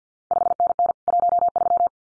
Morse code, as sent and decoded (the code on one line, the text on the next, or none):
..... -. -. / .---- ...--
5NN 13